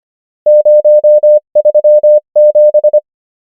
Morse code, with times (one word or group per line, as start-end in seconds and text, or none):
0.5-1.4 0
1.6-2.2 3
2.4-3.0 7